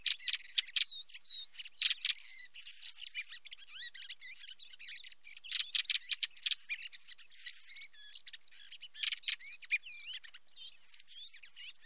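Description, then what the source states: Common blackbird, high steady whistles recurring among crowded clicks, ticks and twisting twittered notes; only high-pitched sound is present. Filtered, at Sassello.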